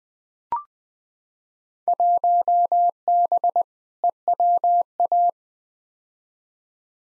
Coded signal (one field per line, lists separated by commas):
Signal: Morse code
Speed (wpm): 21 wpm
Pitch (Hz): 700 Hz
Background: none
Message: 1B EWA